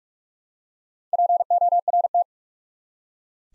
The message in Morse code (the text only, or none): PORT